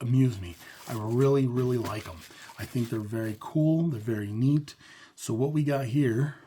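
Someone talks while handling a Cold Steel AD15 folding knife, whose steel blade is about to be flicked open with the thumb studs so its lock engages in the handle. Only speech is heard, and the blade has not yet locked or clicked into the open position.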